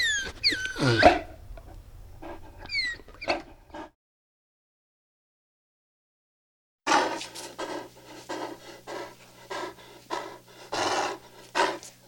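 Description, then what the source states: Dog whining in short falling squeaks mixed with quick breathy pulses, then a few seconds of silence before rapid panting-like puffs resume. Panting with some whining.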